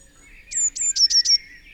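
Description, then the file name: Eurasian blue tit song phrase: two high, thin, level notes followed by three quicker, slightly lower notes, all within about one second. "Cyanistes caeruleus"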